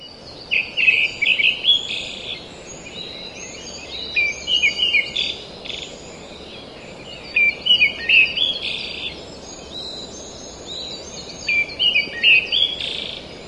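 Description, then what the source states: Pale thrush giving repeated short whistled and chattering phrases, in bursts every few seconds, with steady background hiss. Recorded in Taiwan.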